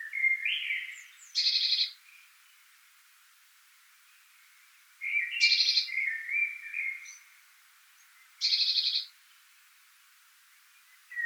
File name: Cyanistes caeruleus